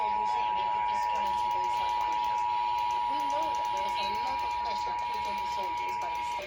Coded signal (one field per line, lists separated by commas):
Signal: Emergency Alert System (SAME) tones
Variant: 853 and 960 Hz attention tone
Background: speech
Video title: Last Georgia RMT of 2022 + NWR Weeklys (EAS #610-628)